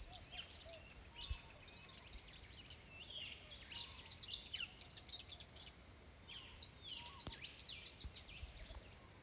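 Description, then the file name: Varied sittella calls, rapid bursts of thin high chips and twitters repeated in clusters over a steady high-pitched background hiss. "Daphoenositta Chrysoptera"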